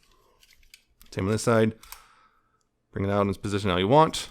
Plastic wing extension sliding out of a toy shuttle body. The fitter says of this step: bring that out like this and then slide this outward till it clicks like that.